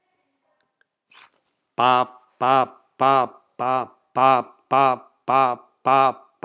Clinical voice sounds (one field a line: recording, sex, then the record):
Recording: repeated syllable /pa/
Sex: male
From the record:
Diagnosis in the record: healthy control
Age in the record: 68 years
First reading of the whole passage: 60 s, 8.7 characters per second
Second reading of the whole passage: 55 s, 9.3 characters per second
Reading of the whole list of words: 43 s, 6.5 characters per second